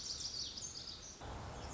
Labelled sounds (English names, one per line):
Lazuli Bunting